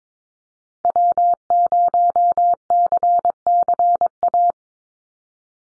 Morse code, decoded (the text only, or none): W0CCA